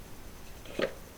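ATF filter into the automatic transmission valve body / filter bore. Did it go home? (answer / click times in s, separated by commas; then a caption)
yes / 0.7 s. An automatic transmission fluid filter on a C6 Corvette is pushed by hand up into its bore in the transmission valve body. Against a quiet background, a short soft pop sounds at 0.7 s, with energy in the low-mid and upper-mid range. The filter pops into place and is perfectly seated.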